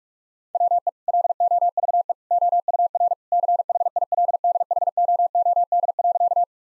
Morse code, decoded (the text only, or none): WE LOVE OUR CHILDHOOD.